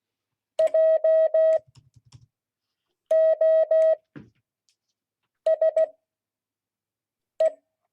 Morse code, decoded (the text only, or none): JOSE